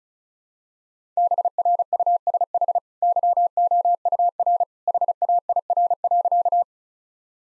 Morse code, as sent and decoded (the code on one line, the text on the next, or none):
-... .-. ..- ... .... / -.-- --- ..- .-. / .... .- .. .-. .-.-.-
BRUSH YOUR HAIR.